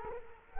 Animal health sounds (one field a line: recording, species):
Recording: mosquito wingbeat signal from an infrared sensor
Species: Culex quinquefasciatus